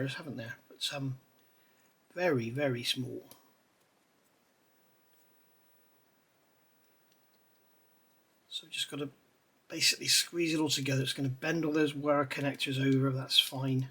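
Someone talks while the plastic steering column switch gear housing halves and their wires for a 1:6 scale DeAgostini Mustang GT500 model car are handled and lined up, ready to be squeezed together. Nothing has clicked yet.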